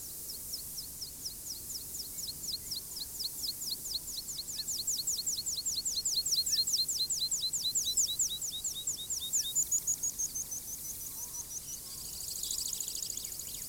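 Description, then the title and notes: Meadow pipit song: a long series of thin, high, repeated notes, ending in a faster trill, over a soft hiss. Presented among the modest singers of fields and meadows. "Linnunlaulukasetti n:o 3 B1 Niittykirvinen Field Recording – Jan-Erik Bruun"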